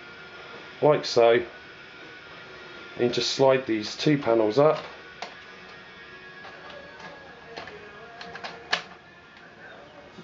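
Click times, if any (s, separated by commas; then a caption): 8.7 s. Someone talks while sliding two plastic armor panels up on a Hot Toys Iron Monger action figure's suit, with soft ticks as they move. A sharp click at 8.7 s marks the panels locking into place.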